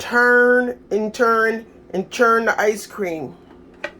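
Someone talks while handling the churning spindle and lid of an ice cream maker over its freezer bucket, with a short sharp tap near the end. Nothing has seated or clicked into place yet.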